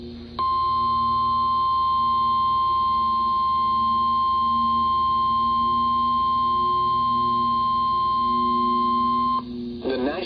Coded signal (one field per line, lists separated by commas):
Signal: Emergency Alert System (SAME) tones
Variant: 1050 Hz attention tone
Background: speech